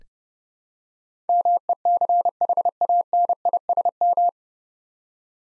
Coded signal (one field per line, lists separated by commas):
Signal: Morse code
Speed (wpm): 29 wpm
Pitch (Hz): 700 Hz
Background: none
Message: MECHANISM